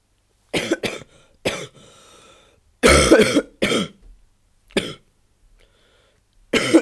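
An adult coughing repeatedly: short, explosive coughs come in separate bursts, some in quick pairs or runs, with quiet pauses between them.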